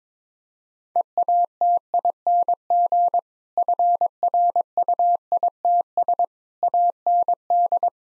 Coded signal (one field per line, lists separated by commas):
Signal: Morse code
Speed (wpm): 21 wpm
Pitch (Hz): 700 Hz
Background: none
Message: EATING FRUITS AND